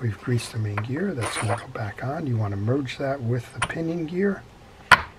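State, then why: Seated. Someone talks while the greased main drive gear of a Daiwa Lexa 300 HSL P low-profile baitcasting fishing reel is meshed with the pinion gear and pushed all the way down onto its shaft. A sharp snap is heard at 4.9 seconds as the gear seats into place.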